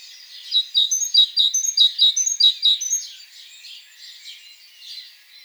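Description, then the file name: Great tit song: quick, evenly spaced two-note phrases for a few seconds, followed by softer, fainter notes. "Parus major"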